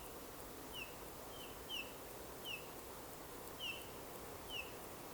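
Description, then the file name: Eurasian bullfinch calls: six soft, piping, falling whistles repeated roughly once a second against constant hissing background noise. "Pyrrhula pyrrhula"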